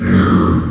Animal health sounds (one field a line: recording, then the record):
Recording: squeal of a Yucatan mini pig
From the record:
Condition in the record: after surgery on the right vocal fold (resection and tissue-engineered implant)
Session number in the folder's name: 12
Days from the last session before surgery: 105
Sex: female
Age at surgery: 19 weeks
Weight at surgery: 25 kg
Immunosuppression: prednisolone